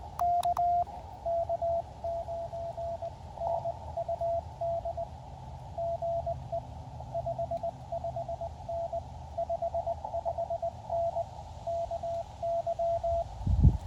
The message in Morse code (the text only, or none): K K9NUD GE 55N 55N KY